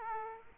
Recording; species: mosquito wingbeat signal from an infrared sensor; Aedes aegypti